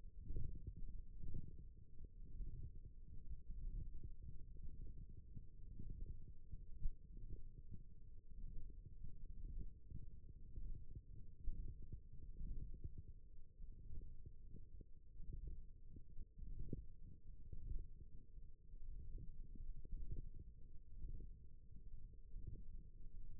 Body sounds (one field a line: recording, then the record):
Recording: forearm muscle sounds (acoustic myography)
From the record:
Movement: ulnar deviation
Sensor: system 1, eight BSWA MPA416 microphones around the upper forearm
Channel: 4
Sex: male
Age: 23 years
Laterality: right